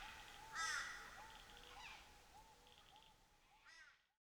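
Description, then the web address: Cockatoo calls: a loud, grating screech near the start and a shorter harsh one at the end, with soft repeated chirps continuing underneath. Cockatoos in Nightcap National Park, Australia. "Les Cartes Postales Sonores NOISE ON EARTH Vol 7 AUSTRALIA Les Cartes Postales Sonores - Cocatoes of Nightcap NP"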